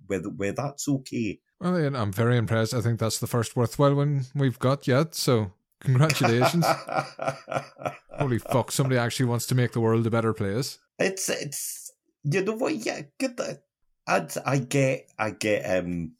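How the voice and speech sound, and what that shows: An adult man speaks in a relaxed, conversational way, with steady rhythm, a mid-low voice and natural short pauses. The few restarts and repeated words near the end are ordinary everyday hesitations. This is typical fluent speech with no stammer.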